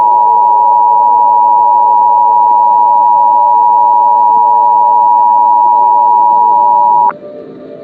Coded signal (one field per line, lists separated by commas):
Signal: Emergency Alert System (SAME) tones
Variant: 853 and 960 Hz attention tone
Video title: Ashes To Ashes [EAS SCENARIO] [FT. @HiatusUntilDecember1st]